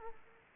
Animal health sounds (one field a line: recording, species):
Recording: mosquito wingbeat signal from an infrared sensor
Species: Aedes aegypti